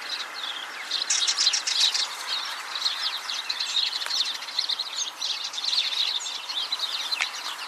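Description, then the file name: House sparrow chirping: dense overlapping bright chirps from several birds, continuous throughout with a steady noisy background. "Passer domesticus"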